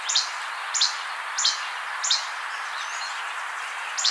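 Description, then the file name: Least Flycatcher repeating abrupt, high, clipped two-note calls at a brisk even pace, four in a row, a brief pause, then one more, over a hissing background. "Empidonax minimus - Least Flycatcher"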